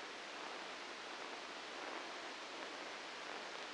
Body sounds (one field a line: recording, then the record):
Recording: brain microelectrode recording played as sound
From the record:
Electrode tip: outside the subthalamic nucleus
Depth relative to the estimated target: 2 mm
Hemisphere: right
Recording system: NeuroSet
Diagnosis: Parkinson's disease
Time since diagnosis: 9 years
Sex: female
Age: 51 years